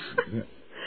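A single short, harsh throat-clearing burst from an adult man is followed by a lower, grunting voiced push, all within under a second. It is a forceful attempt to clear phlegm from the throat.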